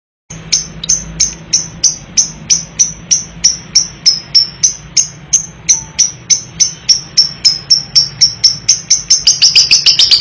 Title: MASTERAN KHUSUS UNTUK LOVEBIRD PAUD DAN MUDA